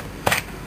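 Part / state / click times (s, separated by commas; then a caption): plastic toy vehicle part onto its mounting peg / seated / 0.3 s. A detachable plastic part of a 2009 G.I. Joe: Rise of Cobra Crimson Hydra toy vehicle is flipped up, lined up on its peg and pushed back in. One sharp, brief click sounds at 0.3 s, and the part is seated on its mounting peg.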